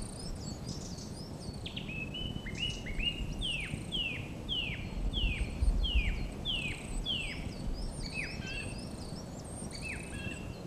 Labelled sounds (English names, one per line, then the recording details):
Song Thrush song
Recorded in the wild
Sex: male
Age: adult
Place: Mirnock, Kärnten, AT
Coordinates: 46.75, 13.73
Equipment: Hornyphon, Phillips Mikrofon
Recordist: Brunner, Thomas
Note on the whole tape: Frühjahr 1967, in der Nähe der Natzelhütte aufgenommen